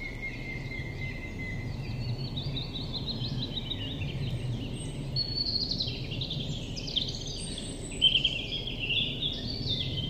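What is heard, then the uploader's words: Birds sing and chirp through a spring walk in the forest, their high, busy calls overlapping and growing livelier after the midpoint, with a brighter burst near eight seconds. Beneath them a steady low rumble and rustle runs throughout. Frühlingsspaziergang. The weather could be better, nevertheless I set out to capture some spring atmosphere. I'll take you on a little walk through the forest.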